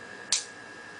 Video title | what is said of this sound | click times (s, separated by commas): Demonstration of Culley Filtering Method, Part 2 of 2 | there's the click | 0.3 s